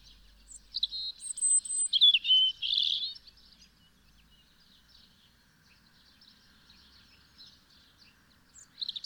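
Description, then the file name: European robin song: a short phrase of high, thin, varied warbled notes with a sustained thin whistle in the first three seconds, then faint high twittering in the background. "Erithacus rubecula"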